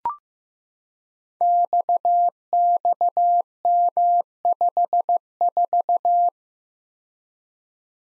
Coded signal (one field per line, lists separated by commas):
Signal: Morse code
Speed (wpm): 15 wpm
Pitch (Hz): 700 Hz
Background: none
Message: XXM54